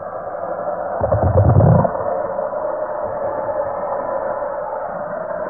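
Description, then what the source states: Grey whale calls: a brief burst of low, pulsed grunting sounds rising out of steady underwater noise, then only the hiss of the water continues. Multiple low calls.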